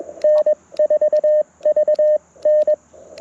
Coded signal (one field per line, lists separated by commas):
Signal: Morse code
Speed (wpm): 21 wpm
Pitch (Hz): 610 Hz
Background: radio noise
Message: N4VN